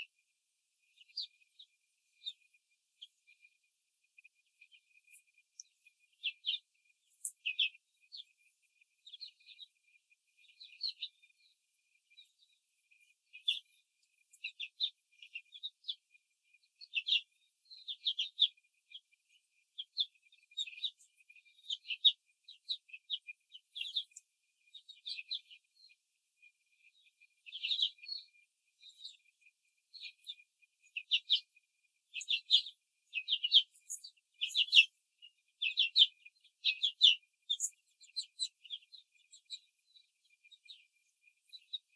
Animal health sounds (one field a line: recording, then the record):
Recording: young laying hens in a cage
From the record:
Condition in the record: control cage, before the stress test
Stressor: none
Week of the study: 4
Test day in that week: 3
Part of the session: 4